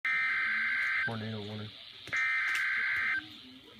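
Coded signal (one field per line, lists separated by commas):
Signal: Emergency Alert System (SAME) tones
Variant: header bursts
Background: speech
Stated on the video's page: Tornado warning SAME tones received from NOAA weather radio station serving Pittsburgh, PA.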